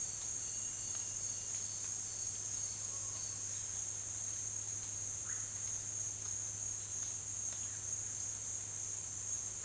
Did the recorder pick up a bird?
no